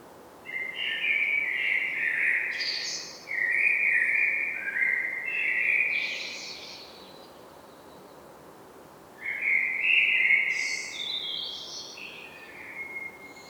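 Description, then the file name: Common blackbird singing two long fluted phrases back to back, each rising into squeaky high notes, then a pause before a third phrase with a high trailing flourish. "Turdus merula"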